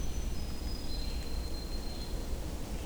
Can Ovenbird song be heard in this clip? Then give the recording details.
no. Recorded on 24 June 2016 at 08:05. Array SBT-6-76